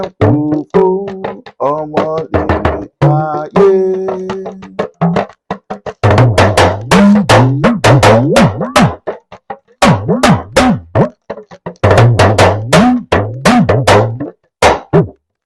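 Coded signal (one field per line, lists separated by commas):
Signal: talking drum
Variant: Yoruba dùndún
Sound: rapid hollow drum strokes whose low pitch slides up and down like speech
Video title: Yoruba talking drum Lnaguage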